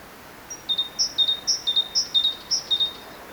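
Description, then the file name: Great tit singing a steady run of high-low paired notes, about five repeats in quick, even rhythm over faint hiss. "Parus major"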